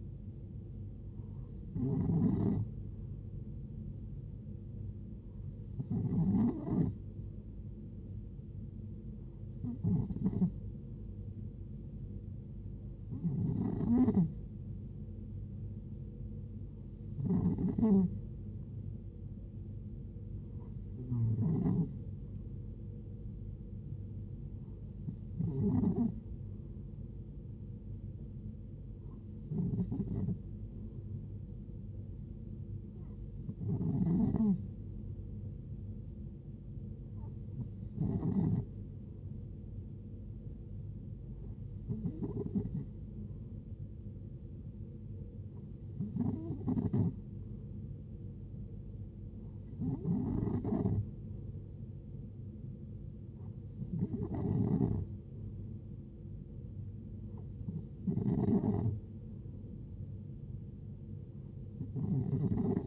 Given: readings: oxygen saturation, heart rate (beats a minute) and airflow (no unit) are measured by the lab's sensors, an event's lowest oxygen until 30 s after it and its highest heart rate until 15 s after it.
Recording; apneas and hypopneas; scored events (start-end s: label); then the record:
breathing in sleep by a smartphone at the bedside; none
none scored
From the record:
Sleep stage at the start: N2 (light sleep); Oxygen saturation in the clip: 91 to 92%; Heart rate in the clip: 65 to 72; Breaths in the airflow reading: 16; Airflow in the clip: -6.1 to 5.3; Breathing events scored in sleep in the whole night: 389 in 6.3 hours asleep